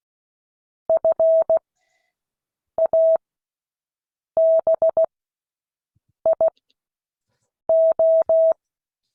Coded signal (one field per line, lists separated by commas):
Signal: Morse code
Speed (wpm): 16 wpm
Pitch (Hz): 650 Hz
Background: none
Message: FABIO